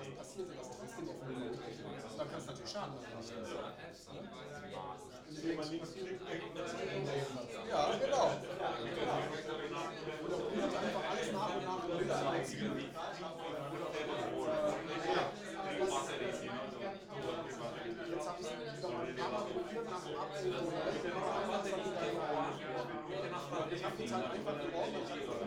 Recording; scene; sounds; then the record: everyday scene through a hearing-aid microphone; many people talking; many voices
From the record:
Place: bistro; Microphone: in the ear canal, right